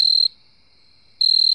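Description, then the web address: Cricket chirping: two bursts of a pure, high pulsed trill, each lasting about a third of a second, separated by nearly a second of silence. "cricket sounds Cricket Crawl Mix"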